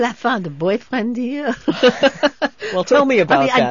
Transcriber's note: they laugh